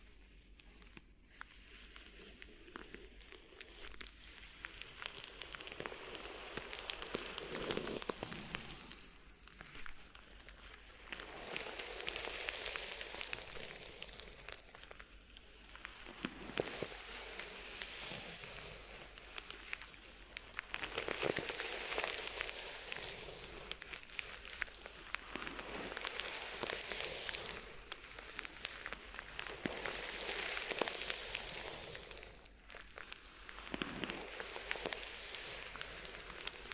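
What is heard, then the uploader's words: Crinkly rustling sounds up close in dense, bright crackling bursts that swell and ease in waves, with brief quiet dips around 10 and 15 seconds. ASMR Addictive Crinkly Ear Massage (No Talking).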